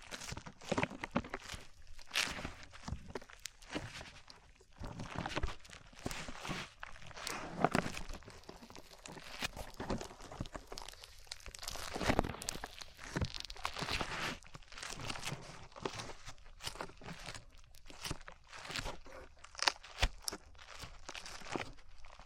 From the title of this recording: ASMR SLIME